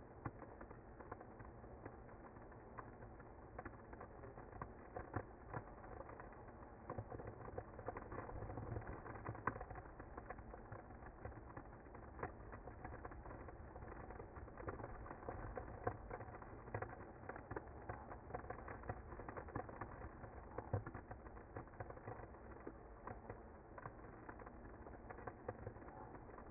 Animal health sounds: honeybee colony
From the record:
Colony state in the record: active

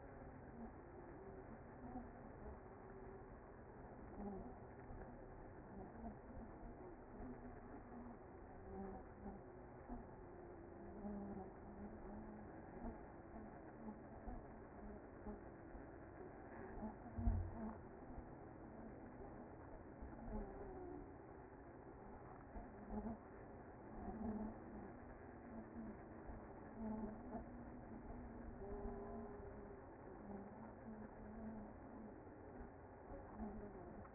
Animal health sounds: honeybee colony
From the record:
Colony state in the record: active

